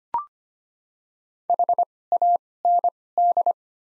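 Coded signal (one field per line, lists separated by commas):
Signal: Morse code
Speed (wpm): 25 wpm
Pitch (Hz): 700 Hz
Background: none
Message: HAND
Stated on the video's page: Morse practice of the top 300 words at 25 wpm with Farnsworth timing using doubled character spacing.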